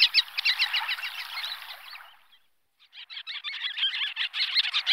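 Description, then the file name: Sandpipers giving rapid, chattering twitters in a quick series, then a short gap before the busy chirping resumes. "Calidris"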